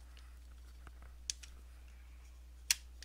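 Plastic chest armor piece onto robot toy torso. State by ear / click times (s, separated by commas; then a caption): not seated / none. A detachable plastic chest armor piece is pushed back onto the torso of a transforming robot toy, giving soft plastic taps and two sharper knocks near 1.3 and 2.7 seconds over a steady low hum. These are only handling noises: the piece does not latch and just sits loosely, so nothing has clicked into place.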